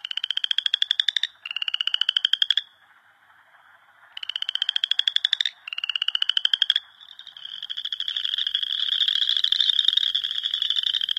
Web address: Songs of Frogs Toads of North America. Boreal Chorus Frog